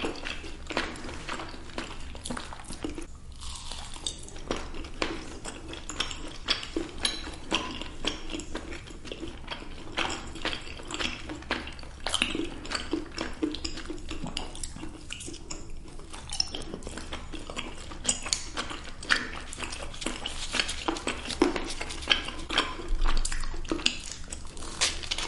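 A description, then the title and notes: Eating and chewing, with a dense run of small crackling, squishing and clicking sounds that continues throughout the clip. The mouth noises are bright, with occasional light clinks like cutlery or a dish, over a low steady hum. Eating gummies and candies and cakes, chewing sounds.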